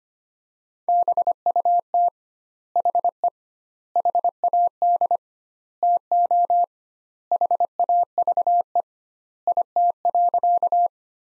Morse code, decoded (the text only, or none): BUT HE HAD TO HAVE IT.